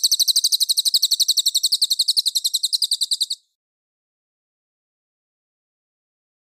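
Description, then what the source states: Mangrove whistler song, a rapid, steady run of high, sharp notes lasting over three seconds, then stopping abruptly into silence. Clear call.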